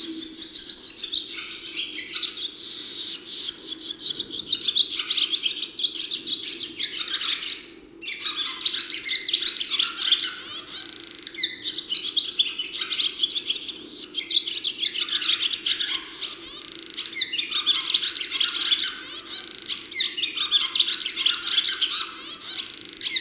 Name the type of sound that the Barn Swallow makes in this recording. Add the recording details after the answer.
song. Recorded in the wild. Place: Schönfeld, Brandenburg, DE. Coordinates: 53.396, 14.001. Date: 1988-05-15. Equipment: Nagra III BH, Sennheiser MD 21, parabola. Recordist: Schubert, Michael